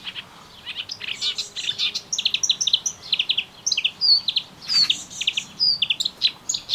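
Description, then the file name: Melodious warbler song, a lively continuous chatter of high rapid chirps and buzzy notes with a few clear whistled slurs mixed in. Recorded in a garden on 25 June 2017. "Orpheusspötter 2017 06 25 Garten"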